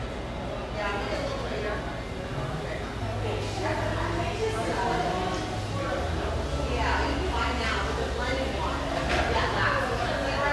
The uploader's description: cheerful, bustling background noise of this sunny café in one of the OC's most upscale neighborhoods